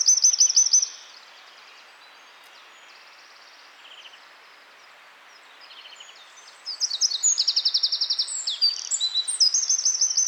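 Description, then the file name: Eurasian wren singing, a short loud trill, then several quiet seconds with faint high notes, then a long, vigorous, piercing stream of rapid trills and chatters. "Troglodytes troglodytes"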